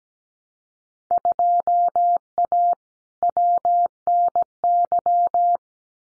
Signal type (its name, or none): Morse code